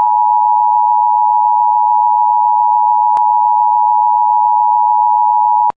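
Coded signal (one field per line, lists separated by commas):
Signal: Emergency Alert System (SAME) tones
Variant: 853 and 960 Hz attention tone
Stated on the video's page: Mock Emergency Alert System activation for a fictional dust storm warning.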